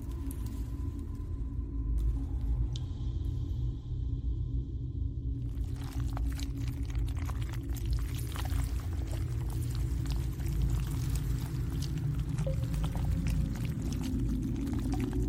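An alien hive ambience with a constant low rumble, a thin steady tone early on, then dense crackling and wet clicking from six seconds onward.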